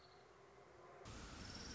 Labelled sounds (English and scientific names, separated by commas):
Orange-crowned Warbler (Leiothlypis celata)